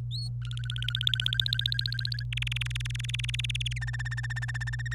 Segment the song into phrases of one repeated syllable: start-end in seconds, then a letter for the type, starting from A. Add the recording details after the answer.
0.11-0.28 A, 0.42-2.23 B, 2.32-3.73 C, 3.76-4.94 D. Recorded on 26 April 2018 at 05:52. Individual llb3